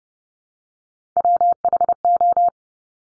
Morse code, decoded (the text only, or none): WHO